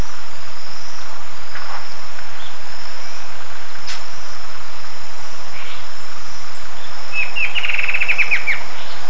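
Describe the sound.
Bird calls: faint scattered notes over steady low background noise, ending with a fast series of high chirps lasting about one and a half seconds.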